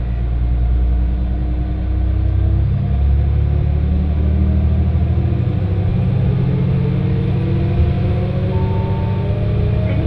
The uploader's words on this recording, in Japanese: 耳で楽しむ鉄道旅 越美北線 計石→福井。越前大野からひと山越えた先にある計石からは、足羽川の支流に沿って進み、美山で足羽川と合流します。何度か足羽川を渡りながら一乗谷遺跡のある近くを通りつつ越前花堂で北陸本線に合流して福井を目指します。